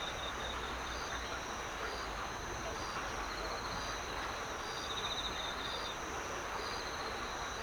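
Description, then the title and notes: Cricket gives brief high pulsed chirps at regular intervals, set against constant loud rushing water. Recorded at a stream in Seocho-gu, Seoul, South Korea; flowing water and insects in grass. "대한민국 서울특별시 서초구 신원동 여의천 - Yeoeui-cheon Stream, Cricket Chirp. 여의천 물살, 풀벌레"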